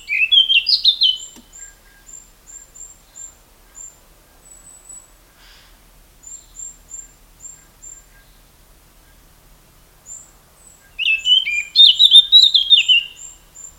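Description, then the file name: Eurasian blackcap warbling at the start and again near the end, with a thin, very high note repeated steadily in the quiet gap between phrases. "Sylvia atricapilla"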